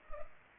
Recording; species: mosquito wingbeat signal from an infrared sensor; Culex pipiens